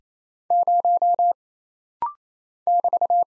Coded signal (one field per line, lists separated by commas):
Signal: Morse code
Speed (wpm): 27 wpm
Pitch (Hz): 700 Hz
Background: none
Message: 0 <BT>